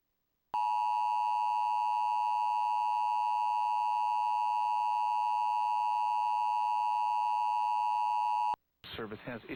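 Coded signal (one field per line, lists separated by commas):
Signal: Emergency Alert System (SAME) tones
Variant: 853 and 960 Hz attention tone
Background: speech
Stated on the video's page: Severe thunderstorm watch generated by a DASDEC encoder and aired on a TV station.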